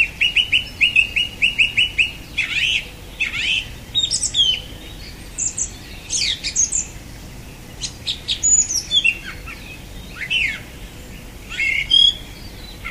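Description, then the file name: Song thrush song: a rapid repeated note series opening, then varied whistled and scratchy phrases, sharp high squeaks and rising slurs, each phrase separated by short pauses. "Golosa ptic - Pevchij drozd"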